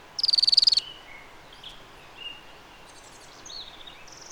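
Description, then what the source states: Thorn-tailed rayadito opening with a brisk, high trill of even repeated notes, followed by scattered faint, thin notes from other birds. Recorded in Patagonia.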